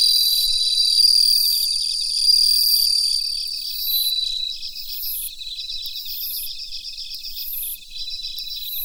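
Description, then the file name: Bell cricket, sweeping upward rings about every second, first over a steady high tone, then over short beaded trills, amid constant insect trilling. "Suzumushi Mitsukado"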